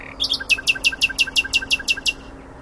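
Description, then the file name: Common nightingale song: loud, crisp notes repeated rapidly in a steady pulsing series of roughly a dozen strokes. "Luscinia megarhynchos"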